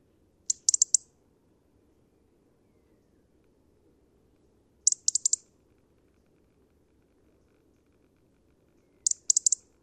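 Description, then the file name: European robin calling in brief high, sharp note clusters, each of a few rapid ticks, spaced about four seconds apart over a quiet background. "Erithacus rubecula"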